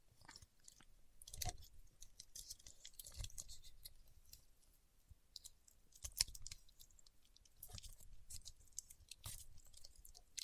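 Paraffin wax being peeled, tapped and scratched gives a busy run of crackly, crunching bursts and clicks that come unevenly throughout. Bright scraping streaks mix with soft low thumps, and a sharp tick lands near six seconds.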